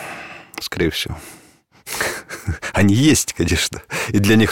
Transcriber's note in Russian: Смеется